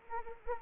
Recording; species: mosquito wingbeat signal from an infrared sensor; Anopheles arabiensis